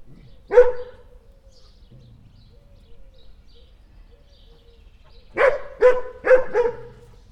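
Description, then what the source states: Dog barks: a single loud bark, a quiet pause with faint whines, then several quick barks in a row near the end. Two dogs barking.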